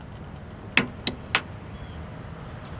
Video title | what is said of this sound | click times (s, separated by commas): 2016~2019 Hyundai Tucson Door Handle Replacement - If your handles are painted watch this video. | and there it is it's snapped right into place | 0.8 s